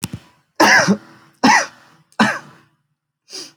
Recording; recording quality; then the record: heavy voluntary cough; excellent, no background noise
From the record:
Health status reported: healthy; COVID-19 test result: not tested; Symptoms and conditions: cold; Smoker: not ticked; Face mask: not worn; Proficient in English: yes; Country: India